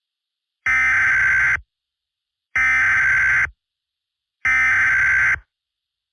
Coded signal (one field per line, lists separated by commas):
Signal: Emergency Alert System (SAME) tones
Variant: header bursts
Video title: EAS Scenario 3: Buzz.exe